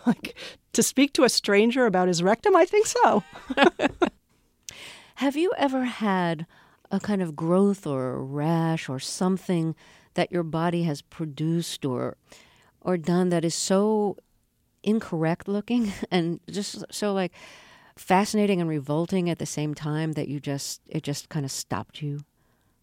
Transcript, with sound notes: like to speak to a stranger about his rectum? I think so.
(LAUGHTER)
Have you ever had a kind of growth or rash or something that your body has produced or done that is so incorrect looking and just so, like, fascinating and revolting at the same time that you just, it just kind of stopped you?